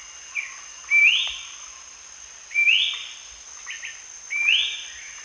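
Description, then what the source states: Ferruginous babbler calling with three clear rising whistles, spaced well apart, a few faint short notes between, and high insect drone throughout. Recorded at Danum on 1 January 2008.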